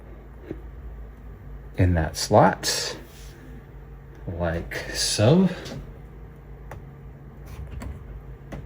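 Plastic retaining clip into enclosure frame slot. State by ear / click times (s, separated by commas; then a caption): seated / 6.7 s. A blue plastic retaining clip is pushed into a slot on the frame of a Flashforge AD5X DIY 3D printer enclosure so the flange cannot slide down. Someone talks, then the clip snaps into place with a sharp click at 6.7 s, followed by a few faint ticks near the end. The clip is seated.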